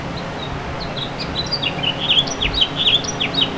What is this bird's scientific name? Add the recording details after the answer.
Haemorhous mexicanus. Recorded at Patchogue on Long Island, New York, on 21 June 2013. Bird F